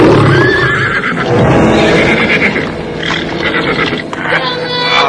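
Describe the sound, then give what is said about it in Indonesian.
A donkey brays loudly and frantically while an old lion pounces on it, its growling roar rising underneath, the two animal cries tangling together in a continuous, harsh struggle for about five seconds. “Kemudian, singa tua itu dengan sisa tenaganya menerkam keledai yang bodoh itu, adik-adik.”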